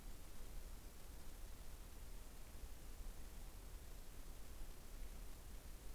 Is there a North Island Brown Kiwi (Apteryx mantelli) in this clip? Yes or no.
no